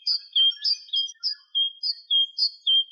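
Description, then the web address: Great tit singing: high, thin two-note phrases, a higher note followed by a lower steady one, repeated at a quick even pace. "Parus major"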